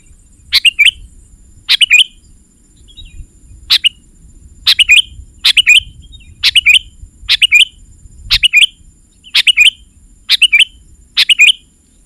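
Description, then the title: Sooty-headed bulbul song: short, chirpy phrases repeated in a steady series, each a quick burst with a bright squeaky note, over a low background rumble. "kutilang"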